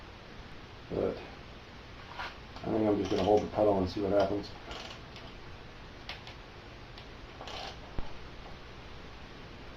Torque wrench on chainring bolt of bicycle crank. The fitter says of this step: always makes me nervous cuz I haven't heard the actual wrench click yet ah